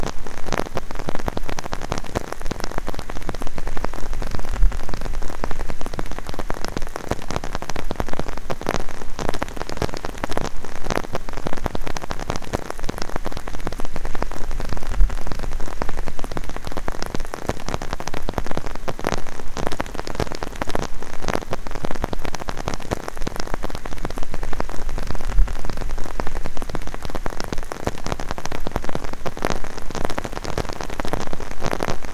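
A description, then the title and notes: Dense, steady rain patters on an umbrella, countless quick drops tapping evenly with a bright, crackling texture throughout. Rain Pitter Patter on Umbrella.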